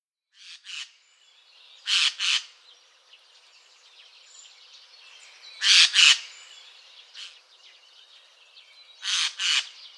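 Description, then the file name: Eurasian jay calling in harsh, tearing screeches, mostly paired, repeated every few seconds throughout. "Geai-des-chênes"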